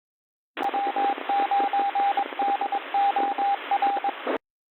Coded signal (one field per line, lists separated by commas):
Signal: Morse code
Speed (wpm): 22 wpm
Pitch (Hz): 800 Hz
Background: radio noise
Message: W9DOR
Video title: STURGEON BAY AMATEUR RADIO, GOODMORNING NET,CHRISTMAS EVE EDITION, SUNDAY, 2023 12 24 08 00 26